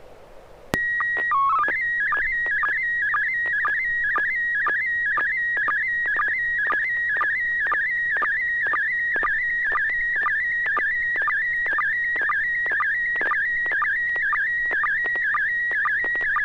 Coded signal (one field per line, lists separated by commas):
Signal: SSTV (slow-scan television)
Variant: PD 120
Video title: N6NA SSTV Net - 05/04/2022